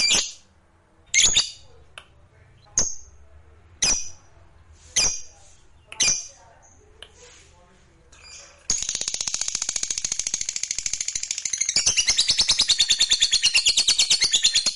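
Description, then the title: Lovebird giving harsh, high squawks about once a second, then launching into a continuous, rapid chattering trill that grows louder toward the end. Fighter lovebird; ngekek panjang, a long trill. "Begitu Dengar Suara Lovebird FIGHTER NGEKEK PANJANG"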